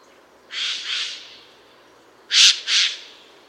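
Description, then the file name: Eurasian jay giving harsh rasping screeches, two paired bursts, the second pair louder and sharper, over quiet background. "Garrulus glandarius"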